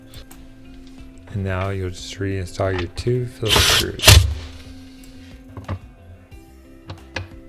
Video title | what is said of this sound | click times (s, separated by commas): Uncover the Two Reasons Why Your Kenmore Refrigerator 111 is NOT Cooling! | and slide it straight back and it'll click right in | 0.3 s